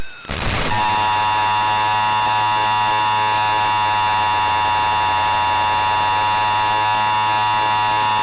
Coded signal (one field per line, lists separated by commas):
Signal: Emergency Alert System (SAME) tones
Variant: 853 and 960 Hz attention tone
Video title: World War III - EAS Scenario (Remastered)